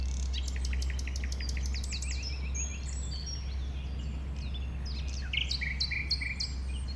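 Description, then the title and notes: Common nightingale song opening with a fast series of loud, clicking repeated notes, then varied whistles and slurred phrases, over a constant low hum. Nightingale that settled with a few others on the banks of a stream forming a pond, 1500 m from the A20 motorway, around 8 am on Sunday 12 April. "Un Rossignol Envers Et Contre Tout. un rossignol venu avec quelques autres s'installer sur les rives d'un ruisseau formant un étang à 1500 mètres de l'A 20. Ces moments ont été enregistrés vers 8h le dimanche 12 avril"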